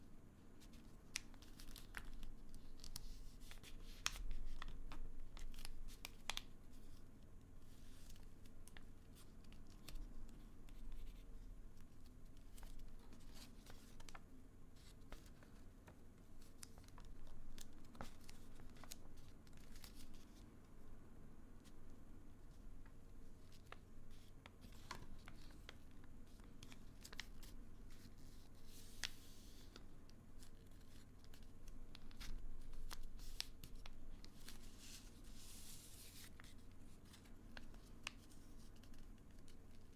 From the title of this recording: tapping, whispering, folding